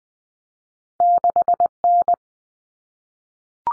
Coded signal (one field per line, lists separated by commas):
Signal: Morse code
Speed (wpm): 20 wpm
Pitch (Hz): 700 Hz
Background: none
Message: 6N